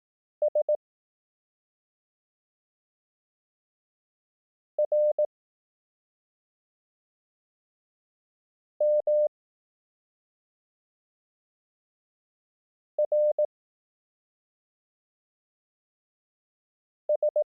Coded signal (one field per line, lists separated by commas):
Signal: Morse code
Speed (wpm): 18 wpm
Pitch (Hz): 600 Hz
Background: none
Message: S R M R S